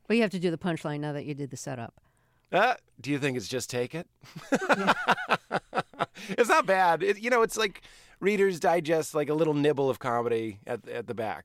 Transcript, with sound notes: Well, you have to do the punchline now that you did the set up.
Do you think it's just take it? (Laughter) It's not bad. You know, it's like "Reader's Digest," like, a little nibble of comedy at the back,